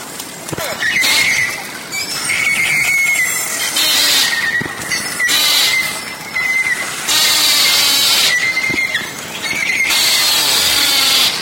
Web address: valaat beluga